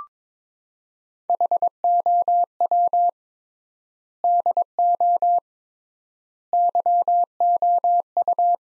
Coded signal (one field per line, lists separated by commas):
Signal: Morse code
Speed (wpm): 22 wpm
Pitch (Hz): 700 Hz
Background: none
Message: HOW DO YOU